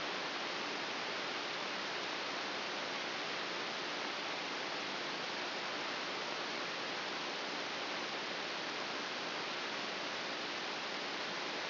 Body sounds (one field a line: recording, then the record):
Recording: brain microelectrode recording played as sound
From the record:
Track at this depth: outside the subthalamic nucleus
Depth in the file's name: 5.601 mm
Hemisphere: right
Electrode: 3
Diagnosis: Parkinson's disease